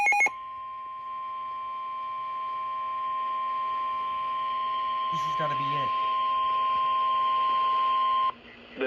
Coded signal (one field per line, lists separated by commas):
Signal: Emergency Alert System (SAME) tones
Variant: 1050 Hz attention tone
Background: speech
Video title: Scholastic Storms (EAS Alerts from 3/3/23) EAS #22-#41